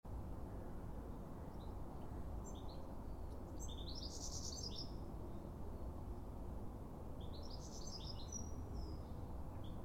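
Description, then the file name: European goldfinch calls: a few faint thin notes, then two brief tinkling twitter bursts around four and eight seconds, above heavy low background noise. "Carduelis carduelis"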